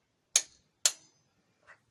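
A click-type torque wrench tightens the sixth cylinder head bolt on the engine of an Opel Corsa C 1.2 to its specified torque during a head gasket change. Two sharp, bright clicks ring out at 0.4 s and 0.9 s, followed by a faint, softer sound near 1.7 s. The wrench clicks at its setting, and the sixth bolt is done.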